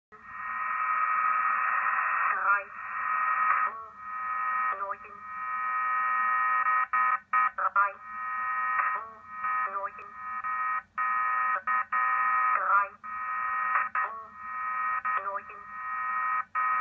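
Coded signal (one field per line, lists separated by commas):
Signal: numbers station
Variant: G06, German language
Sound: synthetic-sounding voice reading short, evenly spaced words over a radio channel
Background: radio static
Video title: Deutscher Zahlensender G06 WebSDR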